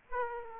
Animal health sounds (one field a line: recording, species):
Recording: mosquito wingbeat signal from an infrared sensor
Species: Aedes aegypti